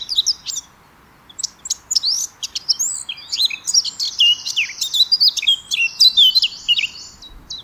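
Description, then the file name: Eurasian blackcap song opens with a few brief chirps, pauses, then pours into a dense, rapid warble of high twittering and slurred whistles. "Sylvia atricapilla"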